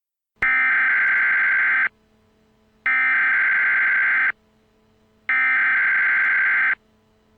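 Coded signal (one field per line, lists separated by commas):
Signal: Emergency Alert System (SAME) tones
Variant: header bursts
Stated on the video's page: Fictional EAS scenario about an asteroid striking Earth.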